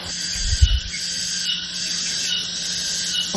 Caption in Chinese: 耳鸣啊是一种叫声音幻觉，它是在外界环境中没有声源的情况下呢，它 感觉到耳内啊或颅内产生声音。 这个就是蝉鸣。 像像有蝉在叫。